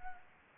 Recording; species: mosquito wingbeat signal from an infrared sensor; Anopheles arabiensis